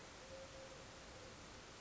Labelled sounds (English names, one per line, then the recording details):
Eurasian Collared Dove
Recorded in Sonoma County, California